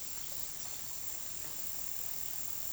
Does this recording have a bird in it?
no